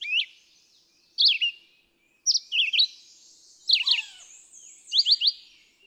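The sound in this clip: Red-eyed vireo song of short whistled phrases with rapid slurred notes, a few paired or tripled, spaced a second or so apart.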